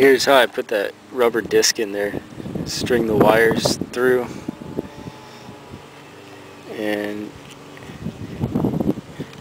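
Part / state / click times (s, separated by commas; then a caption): rubber dust cover into motorcycle headlight housing / not seated / none. Someone talks while handling a rubber headlight dust cover (dust boot) for an HID install on a 2002 CBR600 F4i motorcycle, with the HID wires strung through the disc before it is pressed into the back of the headlight housing. Faint wind-like noise sits under the voice, and a few small handling ticks come near the end, around 8.6 to 8.9 seconds. The clip ends before the cover goes home, so nothing has seated yet.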